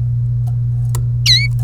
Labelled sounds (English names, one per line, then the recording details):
Domestic Canary song
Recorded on 1 May 2018 at 10:27
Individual llb3